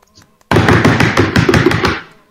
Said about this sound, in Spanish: ¡Aplausos!